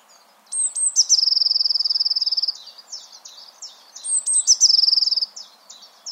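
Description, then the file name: Eurasian blue tit sings two phrases, each with sharp high notes followed by a long, rapid, ringing trill. "Cyanistes caeruleus"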